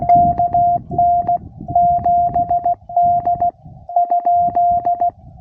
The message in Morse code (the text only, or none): KN 7D ?